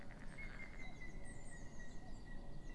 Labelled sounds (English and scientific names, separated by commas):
Eurasian Blue Tit (Cyanistes caeruleus)